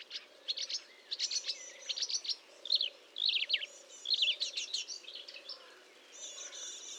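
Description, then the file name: Marsh warbler song with scratchy, chattering phrases, a soft low hum pulsing in the background. Recorded at Fontaine-Française, Fourneau, on 1 June 2022 at 10:55, using Nagra and Telinga equipment. "Rousserolle verderolle 20220601 1055 Fontaine-Francaise-Fourneau-Nagra-Telinga"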